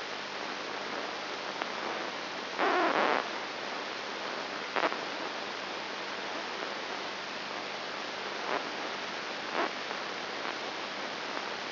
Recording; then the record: brain microelectrode recording played as sound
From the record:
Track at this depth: inside the subthalamic nucleus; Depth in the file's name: 0.906 mm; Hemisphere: left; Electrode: 3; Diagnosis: Parkinson's disease